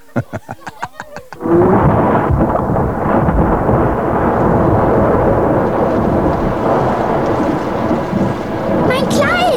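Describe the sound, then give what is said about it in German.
A quick series of sharp beats gives way to a loud, steady roar of heavy, ice-cold rain with deep rumbling thunder that continues unbroken to the end. “Dieser Regen, das ist Regen wie Eis!”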